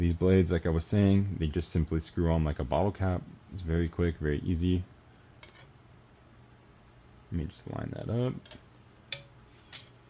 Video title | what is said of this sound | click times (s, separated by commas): Fishing Drones. My Experience and Which to Buy! | Bam, it's on. Give a little click, it's tight, | 9.1 s, 9.7 s